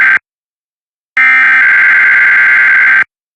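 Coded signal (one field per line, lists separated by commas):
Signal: Emergency Alert System (SAME) tones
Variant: header bursts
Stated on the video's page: Mock weekly EAS tests from fictional station products.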